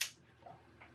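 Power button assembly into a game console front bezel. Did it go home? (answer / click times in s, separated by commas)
no / none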